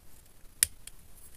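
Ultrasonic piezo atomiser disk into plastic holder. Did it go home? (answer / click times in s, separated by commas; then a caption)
yes / 0.6 s. An ultrasonic piezo atomiser disk for a 4-head ultrasonic water atomiser is pushed into its plastic holder, with the screwdriver still in place. One loud, sharp click is heard at 0.6 s, followed by a fainter tick at 0.9 s, and the disk is seated in its holder.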